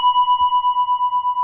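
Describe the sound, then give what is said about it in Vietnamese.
A metal temple bell struck once firmly, its clear mid-pitched tone ringing on steadily with a slow, rhythmic wavering pulse, heard alone without any voices. “Cho nên trước khi mình thỉnh vang lên một tiếng thì mình phải thức cái chuông để nó rung chuyển.”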